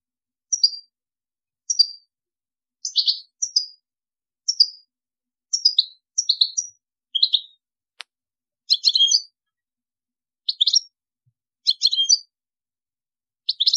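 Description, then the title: European goldfinch song, short high twittering bursts of chirps at irregular intervals, with a brief click midway. "Chant Chardonneret"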